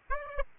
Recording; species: mosquito wingbeat signal from an infrared sensor; Aedes albopictus